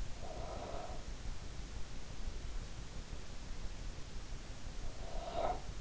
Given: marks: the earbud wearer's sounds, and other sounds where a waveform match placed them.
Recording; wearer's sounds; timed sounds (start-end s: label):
sounds in sleep by an in-ear microphone; breath, snoring breath
0.17-1.08 s: breath
4.93-5.81 s: snoring breath